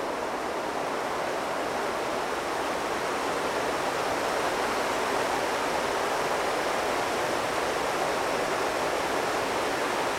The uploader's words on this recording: PH - Mountain Rivers by Phonophilist.